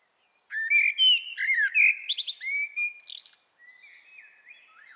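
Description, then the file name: Common blackbird song, mellow fluted notes running into rapid high squeaky twitters, then a soft trailing whistle. "Turdus merula"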